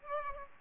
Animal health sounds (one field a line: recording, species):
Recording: mosquito wingbeat signal from an infrared sensor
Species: Aedes aegypti